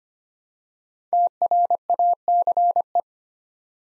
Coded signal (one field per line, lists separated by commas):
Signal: Morse code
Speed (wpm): 25 wpm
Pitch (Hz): 700 Hz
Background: none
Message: TRACE